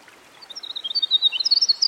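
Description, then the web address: Winter wren song beginning, a few high notes swelling into a quick run of bright tinkling trills over soft hiss. Recorded by a stream. "Dan Gibson Songbirds By The Stream. Winter Wren"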